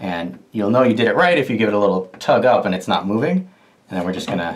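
A plastic Bio Bidet BLISS BB 1700 bidet seat is being handled on its toilet mounting bracket, about to be shifted back along the bracket until it latches. Someone talks throughout, with short pauses between phrases. The seat has not yet seated or clicked into the bracket.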